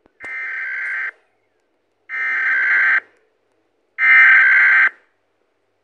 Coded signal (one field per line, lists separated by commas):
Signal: Emergency Alert System (SAME) tones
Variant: header bursts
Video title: rating eas alarms!